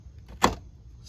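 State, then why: Seated. The next top tab of a plastic cover on a 2016 Lexus RX 350, being refitted during an alternator replacement, is pushed into its mounting slot. A faint tick is followed by a loud, sharp snap at 0.5 s, with the tab seating in place.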